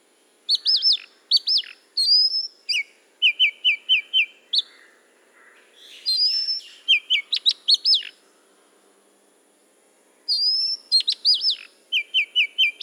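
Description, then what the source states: Oriental magpie-robin singing loud clear whistled phrases of rising and falling notes, with runs of rapid repeated lower whistles, broken by pauses. Recorded at Udahamulla on 1 May 2005.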